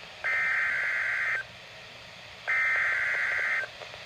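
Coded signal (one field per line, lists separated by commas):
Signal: Emergency Alert System (SAME) tones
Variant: header bursts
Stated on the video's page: Severe Thunderstorm Warning from the National Weather Service in Charleston WV, received with much static on weather radio station KZZ46 in Athens, Ohio.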